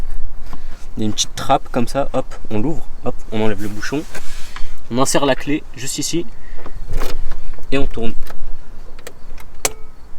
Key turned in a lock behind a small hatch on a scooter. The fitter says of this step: voilà vous entendez le petit clipse et là